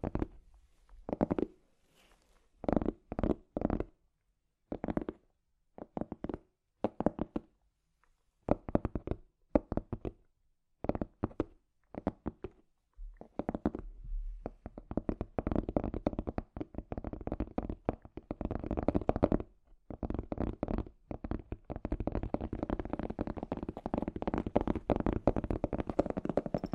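Scratchy tapping, starting as separate rough taps with silent gaps between them for the first dozen seconds or so. After that the scratching grows dense and nearly continuous, a busy rasping texture with a brief pause around twenty seconds.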